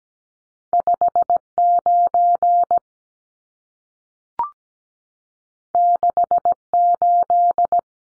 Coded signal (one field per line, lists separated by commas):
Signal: Morse code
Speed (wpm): 17 wpm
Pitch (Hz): 700 Hz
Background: none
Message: 59 68